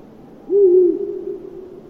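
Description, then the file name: Ural owl giving a single deep, hollow hoot that swells briefly, then trails off into a soft, steady tone. "viirupollo hallikainen"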